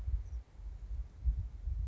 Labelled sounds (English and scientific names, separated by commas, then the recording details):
Grasshopper Sparrow (Ammodramus savannarum)
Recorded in Sonoma County, California